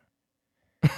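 Near silence, then one abrupt, low-pitched cough burst from an adult man at the very end; he has been coughing for a long time and it affects how he sounds.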